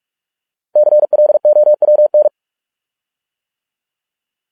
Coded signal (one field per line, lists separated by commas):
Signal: Morse code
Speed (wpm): 46 wpm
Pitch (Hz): 600 Hz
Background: none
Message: CLOWN